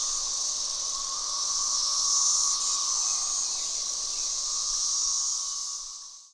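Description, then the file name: Many periodical cicadas droning together, a sustained shrill buzz with slow swells, a faint lower steady note, fading out at the end. "Magicicada Species"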